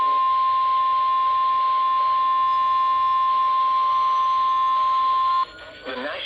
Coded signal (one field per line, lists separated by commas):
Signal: Emergency Alert System (SAME) tones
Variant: 1050 Hz attention tone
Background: speech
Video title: CRAZANITY III: TORNADO OUTBREAK... EAS Alerts from 7/29/21 (EAS #556-577)